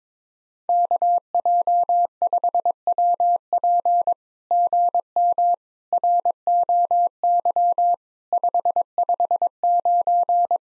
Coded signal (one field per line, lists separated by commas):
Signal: Morse code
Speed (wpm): 22 wpm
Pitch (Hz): 700 Hz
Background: none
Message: KJ5WP GM ROY 559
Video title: SOTA QSO Practice 22wpm